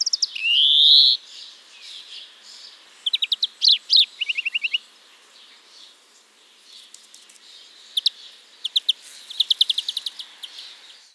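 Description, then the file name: European greenfinch song: opens with a nasal rising wheeze, then scattered fast chirping trills and short twittering bursts with quiet gaps. "Chloris chloris"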